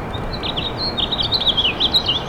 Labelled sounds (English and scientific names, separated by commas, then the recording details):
House Finch (Haemorhous mexicanus) song
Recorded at Roslyn Harbor on Long Island, New York, on 22 May 2013
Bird C